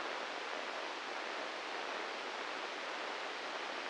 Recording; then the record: brain microelectrode recording played as sound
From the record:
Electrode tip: inside the subthalamic nucleus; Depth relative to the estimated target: 2 mm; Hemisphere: right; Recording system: NeuroSet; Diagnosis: Parkinson's disease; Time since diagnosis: 15 years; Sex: male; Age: 65 years